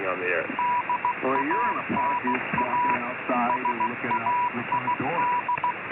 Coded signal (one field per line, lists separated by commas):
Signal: Morse code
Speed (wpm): 16 wpm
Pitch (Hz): 980 Hz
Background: speech, radio noise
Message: DANA SAID